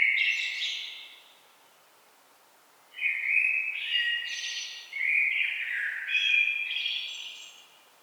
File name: Turdus merula